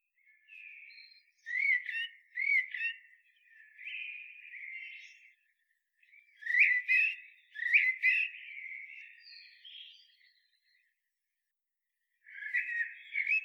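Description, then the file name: Common blackbird giving fluting, warbled phrases punctuated by sharp high clicks and twitters, several in quick series, then a pause and a new phrase. "Turdus merula"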